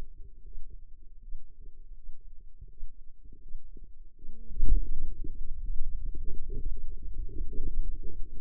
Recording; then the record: forearm muscle sounds (acoustic myography)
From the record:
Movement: hand opening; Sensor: system 2, bracelet of six BSWA MPA416 microphones around the upper forearm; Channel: 5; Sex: female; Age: 25 years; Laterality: right